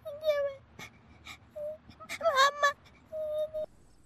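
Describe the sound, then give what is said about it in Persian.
A child who was looking for his mother whimpers and cries in thin, high, wavering whines, several short plaintive sobs, with a brief cluster of sharper cries in the middle before one last drawn-out whine. “بیا بیرون بیا گیره نکن بالاخره من برات مامان پیدا میکنم.”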